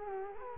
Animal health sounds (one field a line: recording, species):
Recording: mosquito wingbeat signal from an infrared sensor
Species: Culex quinquefasciatus